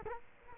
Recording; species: mosquito wingbeat signal from an infrared sensor; Culex quinquefasciatus